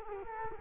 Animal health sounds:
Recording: mosquito wingbeat signal from an infrared sensor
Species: Culex quinquefasciatus

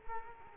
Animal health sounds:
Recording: mosquito wingbeat signal from an infrared sensor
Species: Culex quinquefasciatus

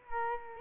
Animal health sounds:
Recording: mosquito wingbeat signal from an infrared sensor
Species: Culex quinquefasciatus

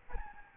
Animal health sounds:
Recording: mosquito wingbeat signal from an infrared sensor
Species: Aedes albopictus

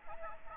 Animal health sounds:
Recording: mosquito wingbeat signal from an infrared sensor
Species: Aedes aegypti

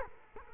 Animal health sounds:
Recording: mosquito wingbeat signal from an infrared sensor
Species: Culex quinquefasciatus

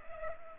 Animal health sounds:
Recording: mosquito wingbeat signal from an infrared sensor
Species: Culex pipiens

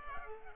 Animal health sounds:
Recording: mosquito wingbeat signal from an infrared sensor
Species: Culex pipiens

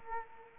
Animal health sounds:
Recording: mosquito wingbeat signal from an infrared sensor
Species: Culex quinquefasciatus

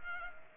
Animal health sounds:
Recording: mosquito wingbeat signal from an infrared sensor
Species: Culex pipiens

